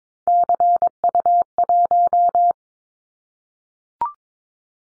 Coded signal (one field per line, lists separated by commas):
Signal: Morse code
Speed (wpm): 22 wpm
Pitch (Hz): 700 Hz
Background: none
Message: CU1